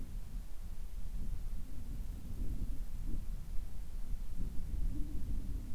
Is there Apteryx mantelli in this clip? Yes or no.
no